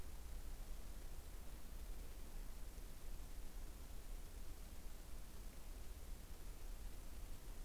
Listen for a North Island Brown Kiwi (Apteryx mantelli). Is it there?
no